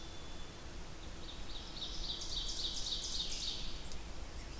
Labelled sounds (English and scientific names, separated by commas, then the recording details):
Ovenbird (Seiurus aurocapilla) song
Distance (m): 60 m
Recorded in boreal forest in Alberta, Canada, on 8 June 2016 at 07:55
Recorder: SongMeter 3, array SBT-3-9
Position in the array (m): 44 m, 99 m
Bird 33